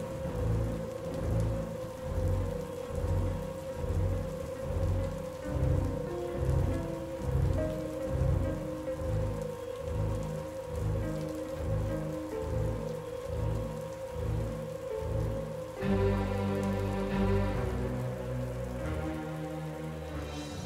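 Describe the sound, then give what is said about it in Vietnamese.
Steady, heavy rain pours continuously while low rumbling rolls underneath, with a brighter, fuller burst of noise rising near the end like a thunderclap breaking through the downpour. “Trong cái màn mưa giông sấm chớp liên hồi đó, có bốn bóng người trẻ đang hối hả đi trên đường.”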